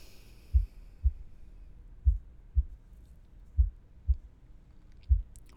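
Slow, steady lub-dub heartbeat of an adult, about 40 beats a minute, muffled as heard with the head resting on the chest through a pillow.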